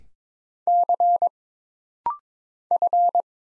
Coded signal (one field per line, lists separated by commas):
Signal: Morse code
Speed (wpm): 22 wpm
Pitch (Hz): 700 Hz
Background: none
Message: C F